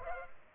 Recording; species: mosquito wingbeat signal from an infrared sensor; Culex pipiens